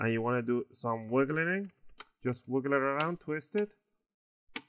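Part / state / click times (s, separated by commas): laptop bottom cover clips on the top cover / released / 4.6 s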